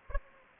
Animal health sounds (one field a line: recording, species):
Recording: mosquito wingbeat signal from an infrared sensor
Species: Anopheles arabiensis